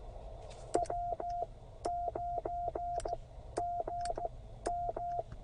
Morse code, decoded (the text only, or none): W9GM